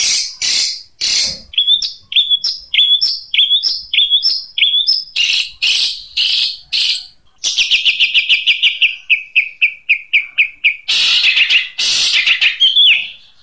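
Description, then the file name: Long-tailed shrike song: short rising whistled notes repeated about twice a second mixed with harsh buzzy bursts, then a fast chattering trill and more scratchy rasps. Long-tailed shrike singing in the "Kuntilanak" song style. "Suara Cendet Kuntilanak"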